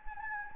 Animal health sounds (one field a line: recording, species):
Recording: mosquito wingbeat signal from an infrared sensor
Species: Anopheles gambiae